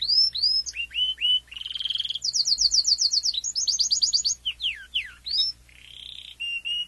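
Domestic canary song of separate swooping notes, a buzzy rolled trill and fast rattling phrases, ending with short whistled and buzzy pieces.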